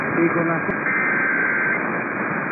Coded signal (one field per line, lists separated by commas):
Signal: Emergency Alert System (SAME) tones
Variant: header bursts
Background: speech